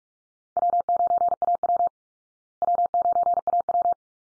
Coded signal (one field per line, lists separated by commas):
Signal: Morse code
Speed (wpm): 44 wpm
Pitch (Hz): 700 Hz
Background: none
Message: W9AW W9AW